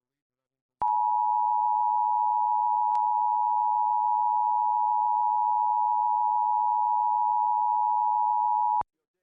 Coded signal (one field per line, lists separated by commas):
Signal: Emergency Alert System (SAME) tones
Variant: 853 and 960 Hz attention tone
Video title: August 2021 Oklahoma Required Monthly Test (Subchannel Showcase Part 4) | 8/3/21 | EAS 410-417